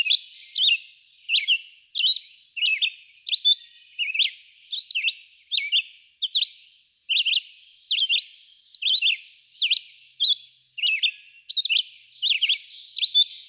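Red-eyed vireo song, a long continuous series of short whistled phrases, repeated with little rest.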